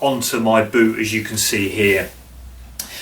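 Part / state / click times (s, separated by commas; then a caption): crampon heel lever lock onto boot heel welt / seated / 2.8 s. Someone talks, then the rear lever lock of a climbing crampon is levered over the heel welt of a mountaineering boot and snaps tight with one sharp hit at 2.8 s. The crampon is locked onto the boot.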